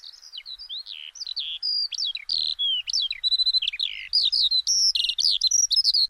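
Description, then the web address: Bird calls: a rapid, varied stream of high chirps, sharp downslurred whistles and buzzy notes, growing denser and louder over six seconds in a quiet setting. "Deverinetal. Bird Only"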